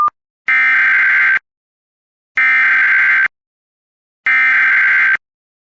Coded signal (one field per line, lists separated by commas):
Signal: Emergency Alert System (SAME) tones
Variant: header bursts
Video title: (VERY RARE!) False alarm Local Area Emergency EAS!!! - 6/23/26